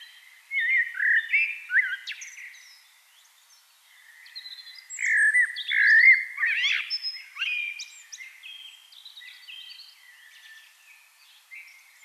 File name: Turdus merula